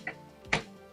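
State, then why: Not seated. A builder handles a plastic or metal hull panel of a pirate-ship model kit against the ship model's bottom frame, where its small pegs will clip in. Two short, sharp taps land at about 0.1 s and 0.5 s over a faint steady background. Nothing has seated or clicked yet.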